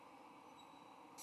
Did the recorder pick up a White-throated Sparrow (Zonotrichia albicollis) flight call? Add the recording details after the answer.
no. No flight call is heard. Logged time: 09:11 on 20 November 2014